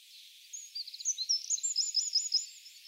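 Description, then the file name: Eurasian wren song, a rapid run of very high, sharp notes with a short buzzy trill, then quick repeated whistled phrases for about two seconds. "Troglodytes troglodytes"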